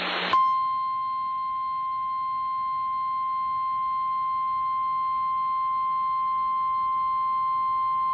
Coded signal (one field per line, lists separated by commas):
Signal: Emergency Alert System (SAME) tones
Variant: 1050 Hz attention tone